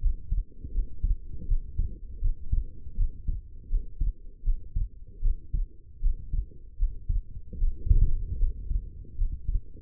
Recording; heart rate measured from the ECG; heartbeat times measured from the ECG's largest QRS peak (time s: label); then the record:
heart sounds by stethoscope; 79 bpm
0.00 s: heartbeat
0.73 s: heartbeat
1.47 s: heartbeat
2.20 s: heartbeat
2.96 s: heartbeat
3.69 s: heartbeat
4.43 s: heartbeat
5.21 s: heartbeat
6.01 s: heartbeat
6.78 s: heartbeat
7.59 s: heartbeat
8.38 s: heartbeat
9.17 s: heartbeat
From the record:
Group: healthy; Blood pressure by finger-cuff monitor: 87/53 mmHg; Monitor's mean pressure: 64 mmHg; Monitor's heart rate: 78 bpm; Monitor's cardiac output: 6.1 L/min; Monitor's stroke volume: 79 mL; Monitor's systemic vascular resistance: 730 dyn s/cm5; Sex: female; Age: 19 years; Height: 163 cm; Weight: 51 kg